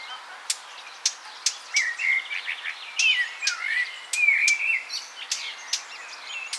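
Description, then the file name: Eurasian blackcap sounds a few spaced tack clicks amid a busy run of scratchy, warbling and whistled notes. "Sylvia atricapilla"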